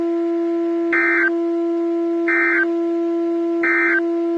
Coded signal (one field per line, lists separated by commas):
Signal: Emergency Alert System (SAME) tones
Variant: end-of-message bursts